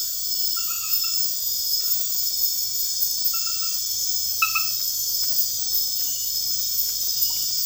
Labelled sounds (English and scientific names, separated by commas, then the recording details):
none
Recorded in dense forest near Puerto Asís, Putumayo, Colombia, on 18 February 2024 at 01:30
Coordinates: 0.496, -76.326
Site G6383